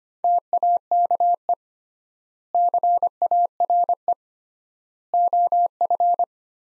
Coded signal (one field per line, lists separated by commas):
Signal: Morse code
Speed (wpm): 25 wpm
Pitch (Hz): 700 Hz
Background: none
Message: TAKE CARE OF